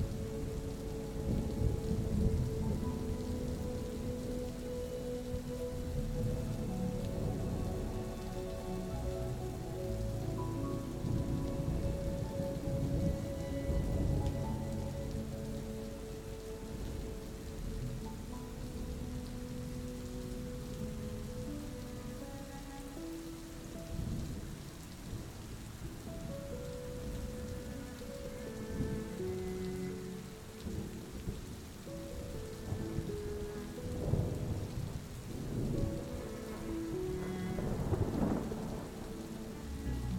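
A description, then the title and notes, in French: Rain falls steadily under soft, sustained music whose held notes drift and change slowly throughout. Low thunder rumbles swell in and out, strongest around the middle and again near the end, while a fine, dense hiss of rain stays constant. Écoutez le Son Apaisant du TONNERRE et de la PLUIE avec une Douce MUSIQUE. La pluie et du tonnerre, accompagné d'une douce musique.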